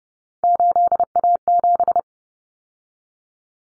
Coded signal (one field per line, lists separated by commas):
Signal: Morse code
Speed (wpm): 30 wpm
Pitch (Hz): 700 Hz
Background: none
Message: 8A7